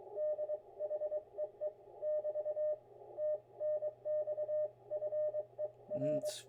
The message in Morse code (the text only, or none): DHEE <BT> TNX FER